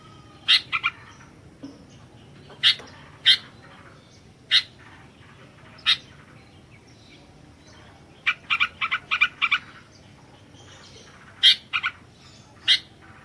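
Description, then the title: Sooty-headed bulbul singing short bubbly whistled phrases in irregular bursts, some notes doubled or tripled, over a soft background hum. "kutilang"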